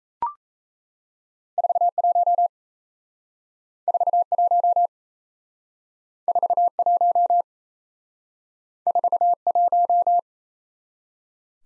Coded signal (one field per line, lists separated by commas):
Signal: Morse code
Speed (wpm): 35 wpm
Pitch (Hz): 700 Hz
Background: none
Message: 41 41 41 41